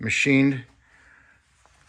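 Someone talks briefly as metal retaining clips for a Leprecon brand caliper cover are handled on a brake caliper. They are to be pushed over the caliper edge until they snap past a machined spot. After the speech there is quiet handling with a faint tick near 1.7 s, and nothing has seated or clicked yet.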